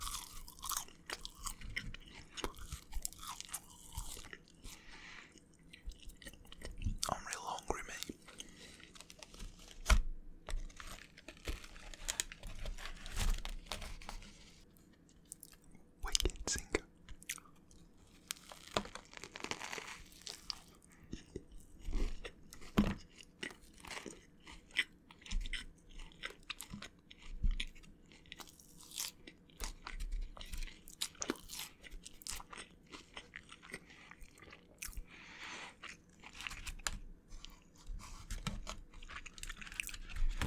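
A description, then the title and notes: Eating of crunchy fried chicken and fast food, with wet chewing and sharp crunches arriving every second or two throughout. Paper wrappers crinkle now and then, and a louder cluster of bites lands near the ten and twenty second marks. EATING KFC Eating Sounds (Crunchy Chicken, Fries, Hot Wings, Burger & Soda).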